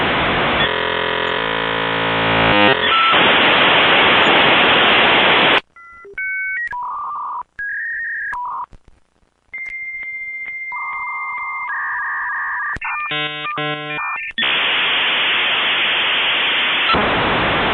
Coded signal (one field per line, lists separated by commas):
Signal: dial-up modem handshake